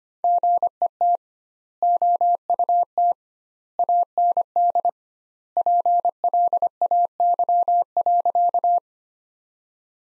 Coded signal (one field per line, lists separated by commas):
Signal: Morse code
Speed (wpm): 25 wpm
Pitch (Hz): 700 Hz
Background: none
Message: GET OUT AND PLAY.